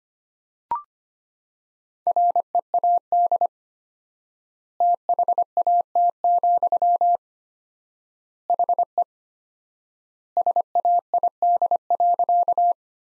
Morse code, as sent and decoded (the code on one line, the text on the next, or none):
.-. . .- -.. / - .... .- - --..-- / .... . / ... .- .. -.. .-.-.-
READ THAT, HE SAID.